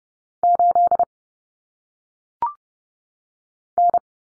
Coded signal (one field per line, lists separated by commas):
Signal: Morse code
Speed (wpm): 30 wpm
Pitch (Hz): 700 Hz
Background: none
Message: 8 N